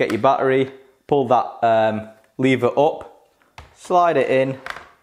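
A battery pack is handled at the main unit of a Shark ICZ160UK cordless vacuum, with the lever pulled up so the battery can slide in, while someone talks throughout. Nothing has seated or clicked into place yet.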